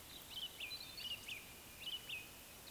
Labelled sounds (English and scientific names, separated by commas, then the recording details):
Eurasian Woodcock (Scolopax rusticola) whistle
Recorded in Baden-Württemberg, Germany, on 31 May 2021 at 19:54 UTC
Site 24606, 635 m above sea level